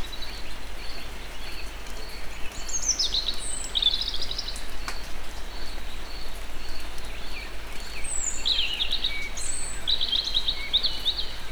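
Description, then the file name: European robin delivering two bursts of rapid, high, jangling twitters a few seconds apart, with a continuous hiss and a quiet pulsing tone underneath. Recorded in nature at Egerturistaház. "vorosbegy egerturistahaz"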